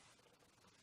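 A thick plastic top is being handled over a heavy glass highlighter bottle with a metal pump, and only a steady hiss of broadband noise is heard for 0.8 seconds. The cap has not popped into place or seated yet.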